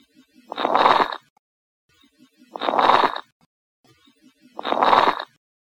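Lung sounds by stethoscope: crackles (rales), a non-continuous, non-musical sound like rubbing hair or Velcro together, heard over about three breaths. They arise from fluid or inflammation in the small airways of the lower airways.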